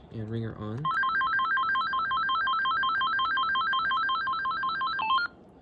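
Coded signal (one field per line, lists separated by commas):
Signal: none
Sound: cordless phone ringer beeps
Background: speech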